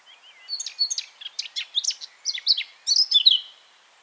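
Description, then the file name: Eurasian blackcap singing a quick jumble of scratchy chirps and twittering notes, then several bright, falling fluty whistles toward the close. "Sylvia atricapilla"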